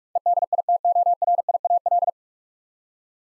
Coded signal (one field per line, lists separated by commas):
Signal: Morse code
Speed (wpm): 42 wpm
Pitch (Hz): 700 Hz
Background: none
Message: EDITORIAL